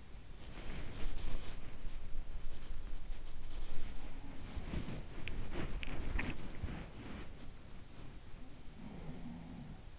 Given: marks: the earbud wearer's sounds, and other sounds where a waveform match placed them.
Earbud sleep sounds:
sounds in sleep by an in-ear microphone; body movement, swallowing
0.00-7.88 s: body movement
5.71-6.46 s: swallowing
8.13-9.99 s: sound from someone else or the room

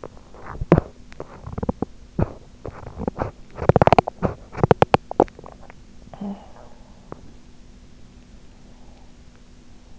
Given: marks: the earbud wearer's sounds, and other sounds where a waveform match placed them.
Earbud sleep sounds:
sounds in sleep by an in-ear microphone; teeth grinding
0.00-8.13 s: teeth grinding

